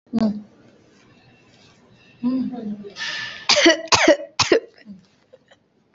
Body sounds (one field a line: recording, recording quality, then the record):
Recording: shallow voluntary cough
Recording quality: excellent, no background noise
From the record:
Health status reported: healthy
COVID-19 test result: negative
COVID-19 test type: RT-PCR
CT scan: not taken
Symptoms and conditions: cold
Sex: female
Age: 21 years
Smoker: no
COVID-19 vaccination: none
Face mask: worn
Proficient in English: yes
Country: India